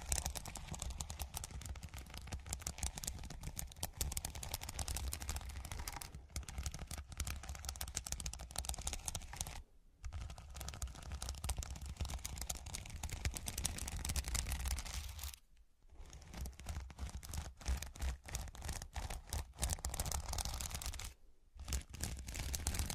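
Dense, continuous scratching fills the clip, a rough crackling texture with many quick clicks layered over a steady low rumble. The sound cuts out briefly three times, near ten, fifteen and twenty-one seconds, then resumes at the same busy pace.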